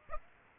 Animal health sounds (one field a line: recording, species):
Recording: mosquito wingbeat signal from an infrared sensor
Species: Aedes aegypti